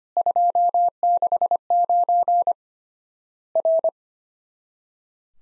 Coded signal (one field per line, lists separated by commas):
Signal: Morse code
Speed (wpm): 25 wpm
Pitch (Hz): 700 Hz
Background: none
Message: 269 R